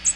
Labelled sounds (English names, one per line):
American Redstart flight call